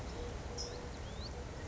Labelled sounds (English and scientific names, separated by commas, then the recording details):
California Towhee (Melozone crissalis)
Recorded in Sonoma County, California